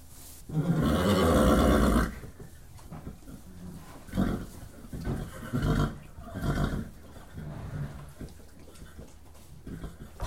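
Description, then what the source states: Horse whicker: a long, loud vibrating nicker lasting over a second, followed by shorter low bursts at irregular intervals. Whickering horses in stables, with one particularly dominant horse recorded from a close perspective.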